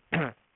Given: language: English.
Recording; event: throat vibration sensor signal played as sound; throat clearing